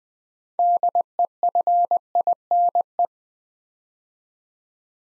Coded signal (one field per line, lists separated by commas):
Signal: Morse code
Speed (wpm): 20 wpm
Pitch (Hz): 700 Hz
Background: none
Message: DEFINE